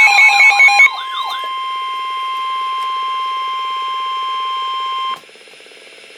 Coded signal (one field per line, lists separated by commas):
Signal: Emergency Alert System (SAME) tones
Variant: 1050 Hz attention tone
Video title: REAL EAS 1218,1219-Tornado Warning